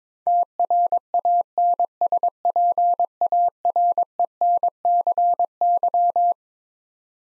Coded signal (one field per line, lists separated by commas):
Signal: Morse code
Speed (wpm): 22 wpm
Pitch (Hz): 700 Hz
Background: none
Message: TRANSPARENCY